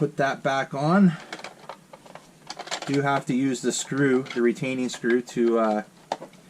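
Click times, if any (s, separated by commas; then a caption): none. Someone talks while the plastic battery cover of an MN40 1/12th scale 4WD Land Cruiser RC crawler is pressed back onto the chassis by hand, with a few light handling taps heard between the words. Nothing has seated or clicked into place yet, and the retaining screw still needs to go back in to hold the cover on.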